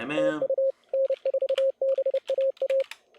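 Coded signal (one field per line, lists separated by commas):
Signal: Morse code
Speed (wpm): 31 wpm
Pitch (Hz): 540 Hz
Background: speech, radio noise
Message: TU N4BAA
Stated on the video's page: ARRL Sweepstakes CW contest operating from Utah, calling CQ and running stations, copied by ear.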